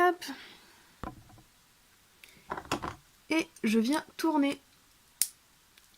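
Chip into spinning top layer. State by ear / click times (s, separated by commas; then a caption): seated / 5.2 s. A plastic Strike God Chip for a Beyblade Burst God Valkyrie is twisted into its spinning-top layer while someone talks, with small rattling clicks along the way. It locks with a sharp click at 5.2 s and sits perfectly positioned.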